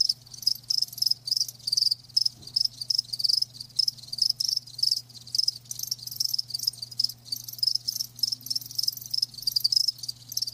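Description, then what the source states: Crickets chirping steadily, quick high pulsed bursts in an unbroken chorus, a soft low hum and one faint brief knock. Live crickets chirping.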